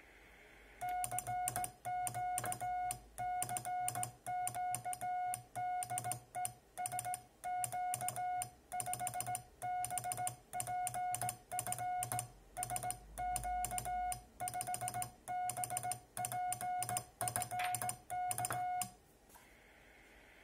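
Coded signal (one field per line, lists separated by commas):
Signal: Morse code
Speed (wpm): 16 wpm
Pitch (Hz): 730 Hz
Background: music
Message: CQ CQ DE SQ5BPF SQ5BPF K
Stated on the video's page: CW sent from a Kenwood TR-9000 series radio using an external break-in circuit, with no microphone PTT needed.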